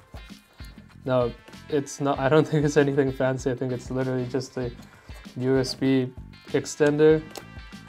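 A USB WiFi adapter is handled alongside its USB extension dock while someone talks and music plays in the background. No click or impact is heard, and the adapter has not yet seated in the dock.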